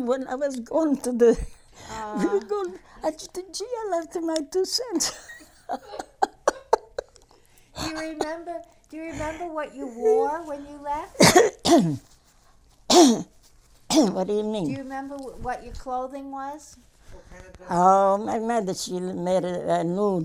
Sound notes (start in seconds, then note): 5.0 they laugh; 12.9 she clears her throat